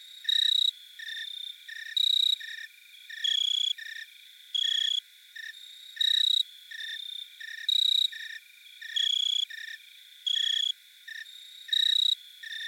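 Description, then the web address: Jumping bush cricket song of brief shrill chirps, roughly one every second and a half, with other similar chirps interleaved at different pitches throughout. "Crickets and Katydids. Jumping Bush Cricket, Orocharis saltator"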